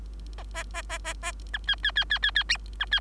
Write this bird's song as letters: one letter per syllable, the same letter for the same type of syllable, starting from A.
A A A A A A B C C C C C C B C